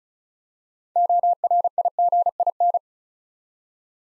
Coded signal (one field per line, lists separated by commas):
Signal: Morse code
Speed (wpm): 36 wpm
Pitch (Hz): 700 Hz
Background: none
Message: ORIGIN